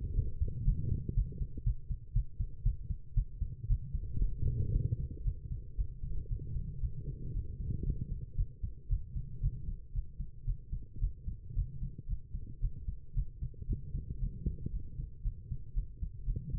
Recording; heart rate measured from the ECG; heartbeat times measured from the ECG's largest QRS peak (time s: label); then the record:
heart sounds by stethoscope; 115 bpm
0.14 s: heartbeat
0.65 s: heartbeat
1.14 s: heartbeat
1.64 s: heartbeat
2.13 s: heartbeat
2.63 s: heartbeat
3.14 s: heartbeat
3.67 s: heartbeat
4.19 s: heartbeat
4.72 s: heartbeat
5.24 s: heartbeat
5.76 s: heartbeat
6.28 s: heartbeat
6.80 s: heartbeat
7.33 s: heartbeat
7.84 s: heartbeat
8.36 s: heartbeat
8.88 s: heartbeat
9.41 s: heartbeat
9.93 s: heartbeat
10.45 s: heartbeat
10.99 s: heartbeat
11.54 s: heartbeat
12.07 s: heartbeat
12.60 s: heartbeat
13.14 s: heartbeat
13.67 s: heartbeat
14.19 s: heartbeat
14.71 s: heartbeat
15.23 s: heartbeat
15.74 s: heartbeat
16.25 s: heartbeat
From the record:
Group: healthy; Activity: cold pressor test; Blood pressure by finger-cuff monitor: 113/82 mmHg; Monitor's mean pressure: 90 mmHg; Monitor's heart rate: 115 bpm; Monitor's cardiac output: 8.4 L/min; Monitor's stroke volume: 72 mL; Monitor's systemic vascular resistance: 790 dyn s/cm5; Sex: female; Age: 19 years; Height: 163 cm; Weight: 51 kg